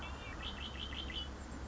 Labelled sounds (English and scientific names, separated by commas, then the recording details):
Red-winged Blackbird (Agelaius phoeniceus)
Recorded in Sonoma County, California